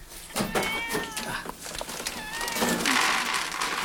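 A cat meows repeatedly in a pitch-dark cellar under a huge apartment block, where some 18 to 20 cats live. Its calls rise and waver in pitch over a hissy, rustling background that grows louder toward the end.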